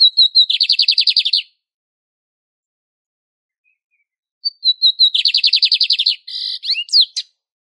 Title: CANTO DO BIGODINHO - CANTO CLÁSSICO - ESQUENTAR/ENCARTE